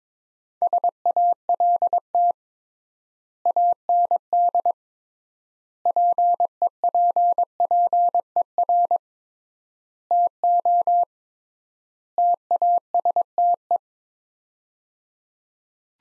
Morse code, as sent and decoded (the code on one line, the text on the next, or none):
... .- .-.. - / .- -. -.. / .--. . .--. .--. . .-. / - --- / - .- ... - .
SALT AND PEPPER TO TASTE